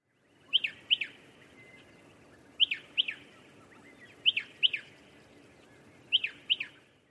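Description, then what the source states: Striated Pardalote call: sharp paired notes, a quick double chip, given four times over low background noise. Recording by Marc Anderson; played as the second of two pardalote calls in a quiz.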